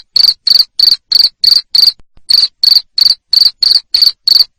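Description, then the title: Cricket chirping, loud shrill pulses repeated about three times a second in a steady run, with one brief gap near the middle. Loud cricket chirping (ngerik) used to stimulate lovebirds to sing continuously (ngekek). "Suara JANGKRIK NGERIK Keras Bikin LOVEBIRD Jadi NGEKEK Terus Vubey"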